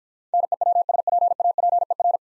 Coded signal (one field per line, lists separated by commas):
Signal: Morse code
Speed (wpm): 50 wpm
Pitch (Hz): 700 Hz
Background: none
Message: NEWSPAPER